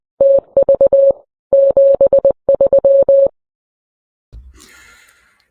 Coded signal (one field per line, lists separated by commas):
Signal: Morse code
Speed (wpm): 20 wpm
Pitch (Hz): 550 Hz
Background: none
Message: TV 73